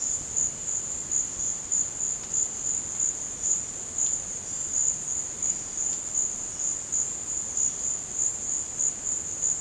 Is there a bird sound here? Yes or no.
no